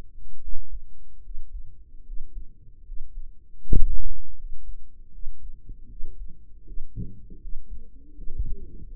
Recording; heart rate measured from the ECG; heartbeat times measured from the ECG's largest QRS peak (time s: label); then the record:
heart sounds by microphone in the right ear; 78 bpm
0.39 s: heartbeat
1.20 s: heartbeat
2.02 s: heartbeat
2.82 s: heartbeat
3.59 s: heartbeat
4.34 s: heartbeat
5.09 s: heartbeat
5.86 s: heartbeat
6.63 s: heartbeat
7.38 s: heartbeat
8.13 s: heartbeat
8.85 s: heartbeat
From the record:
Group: healthy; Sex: female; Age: 32 years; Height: 168 cm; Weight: 61.9 kg